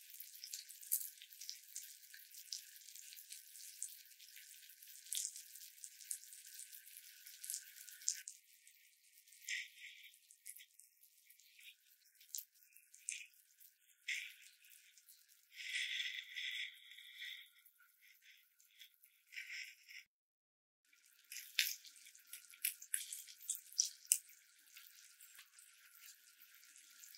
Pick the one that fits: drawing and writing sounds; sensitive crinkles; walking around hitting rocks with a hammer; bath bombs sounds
bath bombs sounds